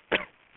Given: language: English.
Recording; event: throat vibration sensor signal played as sound; cough